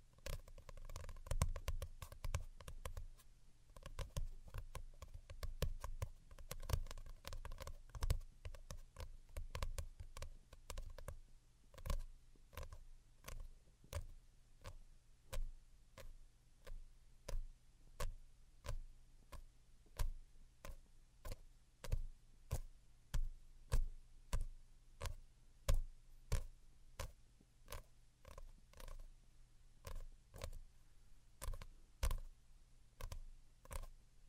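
Delicate tapping, a steady series of sharp, clicky taps. The first few seconds are dense and busy, then the taps thin out into a slower, fairly even rhythm of light knocks, some louder than others, over a soft low hum that continues throughout.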